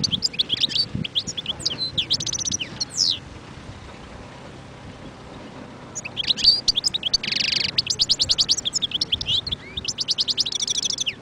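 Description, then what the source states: European goldfinch song in two bursts of rapid twittering and buzzy trills, separated by a few seconds of quiet background hiss. Wild bird.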